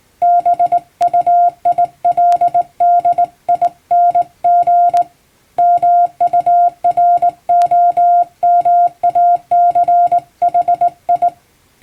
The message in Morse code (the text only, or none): BUILDING MUROMACHI